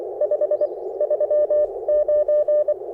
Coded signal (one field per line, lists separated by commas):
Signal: Morse code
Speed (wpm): 26 wpm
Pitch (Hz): 590 Hz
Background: none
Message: 539